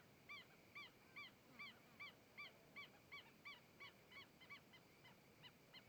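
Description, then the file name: Herons uttering evenly spaced nasal honks, roughly two or three per second, the series steady and then slightly faster toward the end. Herons approaching, passing in front of the microphone and moving away. "Garcas se aproximando, passando em frente ao microfone e saindo"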